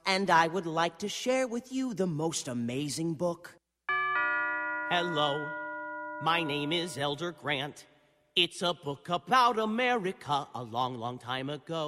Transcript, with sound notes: And I would like to share with you the most amazing book.’ [Doorbell] ‘Hello. My name is Elder Grant. It’s a book about America a long, long time ago.’